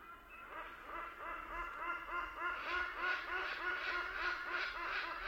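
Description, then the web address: Hornbill chorus of quick, nasal, honking notes in fast regular series, several birds overlapping and growing louder, over a soft high hiss. Group call of hornbills in African rainforest, Kenya, with cicadas in the background. "Tom Hutchings Nature Jungle Rainforest Africa Hornbills Group Call Cicadas Nature Kenya"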